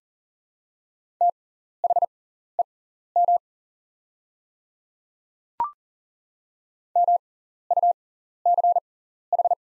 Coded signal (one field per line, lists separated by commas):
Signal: Morse code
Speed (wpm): 40 wpm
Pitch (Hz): 700 Hz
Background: none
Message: THEM MUCH